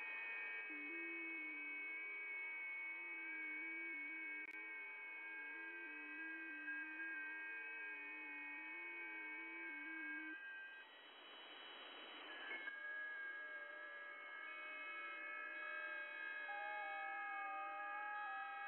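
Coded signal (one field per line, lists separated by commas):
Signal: FT8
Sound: several overlapping soft steady tones, each stepping slowly in pitch, pausing briefly then restarting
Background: radio static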